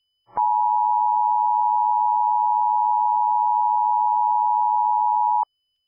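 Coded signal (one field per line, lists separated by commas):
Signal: Emergency Alert System (SAME) tones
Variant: 853 and 960 Hz attention tone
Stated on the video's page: Mock alert with genuine, fully valid tones, imitating a DASDEC/DASDEC-II encoder, for a 911 telephone outage.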